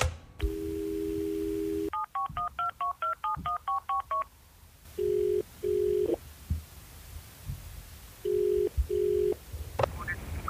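A steady dial tone gives way to a quick run of about ten two-note keypad beeps, followed by pairs of low, buzzing ringback tones separated by pauses.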